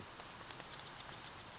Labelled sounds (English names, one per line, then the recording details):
Brown Creeper
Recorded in Sonoma County, California